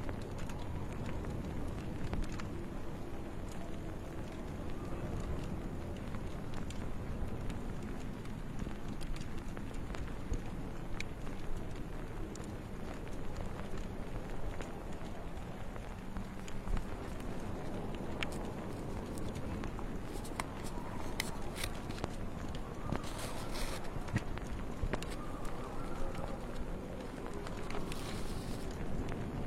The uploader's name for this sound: the soothing sound of wind, firewood, and pillows